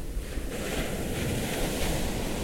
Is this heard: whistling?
no